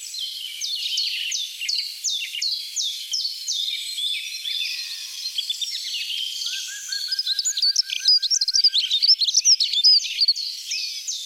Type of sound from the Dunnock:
song